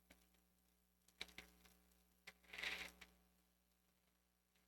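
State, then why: Seated. A plastic backing washer is pushed onto a safety eye shank through a knitted lion toy head, and it snaps on with a sharp click at 1.2 s. Softer clicks follow at about 1.4 s and 2.3 s, then a short burst of rustling around 2.5 to 2.9 s and a last click near 3.0 s. The washer is seated on the eye.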